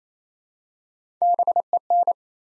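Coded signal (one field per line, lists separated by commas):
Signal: Morse code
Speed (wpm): 27 wpm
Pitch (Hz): 700 Hz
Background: none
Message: BEN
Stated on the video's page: Practice set building 4-letter words one letter at a time, sent at 28 wpm.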